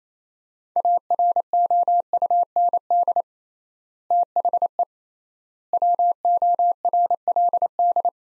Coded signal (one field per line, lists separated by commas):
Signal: Morse code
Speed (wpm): 28 wpm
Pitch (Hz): 700 Hz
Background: none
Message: AROUND THE WORLD